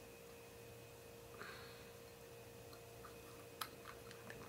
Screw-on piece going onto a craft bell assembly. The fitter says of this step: it clicks i think that's